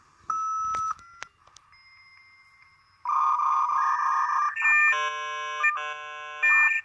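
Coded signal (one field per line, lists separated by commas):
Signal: dial-up modem handshake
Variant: 56k (V.90/V.92)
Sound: short steady tones, then harsh buzzing warble, then layered screeching multitone bursts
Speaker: so now looks that Paul in the remote computer got around can't detect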